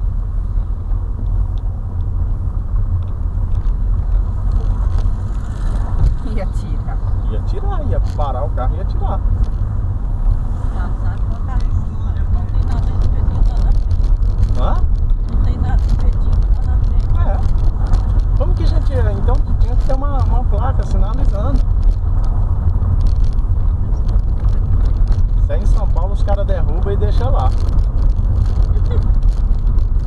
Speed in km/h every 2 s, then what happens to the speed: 26, 27, 31, 33, 34, 34, 33, 30, 29, 29, 30, 29, 28, 31, 33.
0-9 speeds up to 34. 9-30 steady at about 30.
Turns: none.